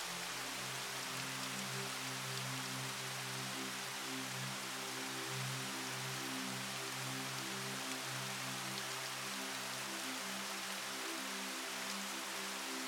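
A waterfall pours in a steady, dense hiss, while soft low sustained tones drift and shift gently underneath throughout.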